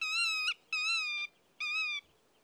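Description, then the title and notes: Black-tailed godwit giving three level, nasal call notes in quick succession. Female calling to keep contact with her chicks; De Wilck, Benthuizen; 27 May 2020. "De Wilck, Benthuizen. Vrouwtje grutto"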